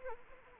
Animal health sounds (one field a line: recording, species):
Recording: mosquito wingbeat signal from an infrared sensor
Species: Anopheles arabiensis